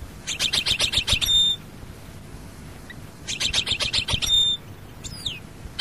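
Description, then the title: European goldfinch song: two short bursts of fast, tinkling trilled notes with a pause between, and a single falling whistle near the end. "Chant Chardonneret"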